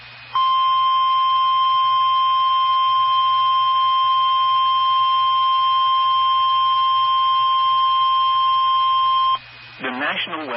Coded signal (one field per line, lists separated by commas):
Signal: Emergency Alert System (SAME) tones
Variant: 1050 Hz attention tone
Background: speech